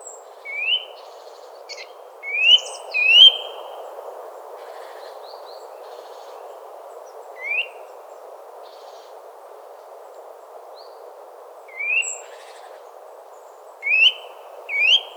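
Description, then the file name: Eurasian nuthatch calls, short rising upslurred notes, single or in quick pairs, spaced irregularly every few seconds over a steady low background hum. "Sitta europaea"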